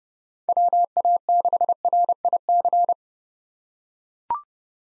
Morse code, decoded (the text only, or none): WA6RIC